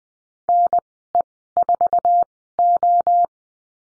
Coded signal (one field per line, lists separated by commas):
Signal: Morse code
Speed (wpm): 20 wpm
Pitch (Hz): 700 Hz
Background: none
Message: NE4O